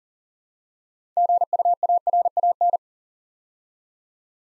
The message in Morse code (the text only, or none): GUARAN